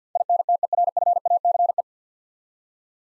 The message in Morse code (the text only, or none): INTERFACE